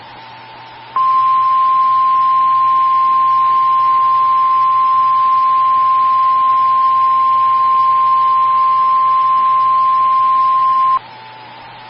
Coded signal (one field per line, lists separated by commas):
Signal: Emergency Alert System (SAME) tones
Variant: 1050 Hz attention tone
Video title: DOUBLE HEADER Severe Thunderstorm Warnings (EAS #225+226)